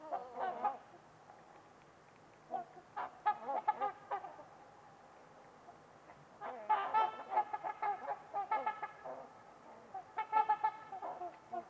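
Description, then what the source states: Trumpeter swans in an animated chorus of loud, brassy, trumpeting honks, overlapping in bursts with short pauses between. Trumpeter swans on a winter evening at Winters Lake in a deep, silent valley, with distant white noise.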